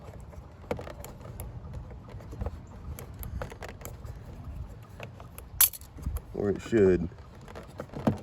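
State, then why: Seated. A replacement switch is pressed back into the plastic door lock mechanism housing of an Audi B8/B8.5 (A4, A5, A6, Q5) car door, with small handling clicks and rattles as someone talks. The switch snaps into place with a sharp click at 8.1 s, and it is seated.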